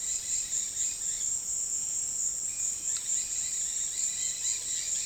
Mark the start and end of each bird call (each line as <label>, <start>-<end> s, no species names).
bird call, 0.00-1.27 s
bird call, 2.87-5.06 s